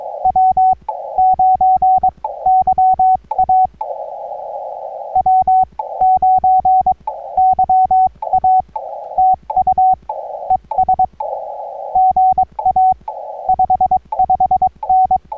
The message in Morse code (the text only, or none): W9YA W9YA TU ES GA 55N